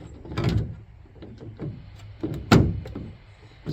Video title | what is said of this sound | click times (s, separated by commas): It's better to have it & not need it, than to NEED IT, and NOT HAVE IT. | snap it back in. | 2.5 s